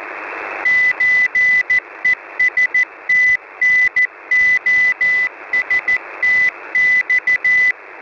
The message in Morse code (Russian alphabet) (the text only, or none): ЧЕСТНОСТЬ